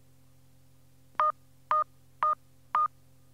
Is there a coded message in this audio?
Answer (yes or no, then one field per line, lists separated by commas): no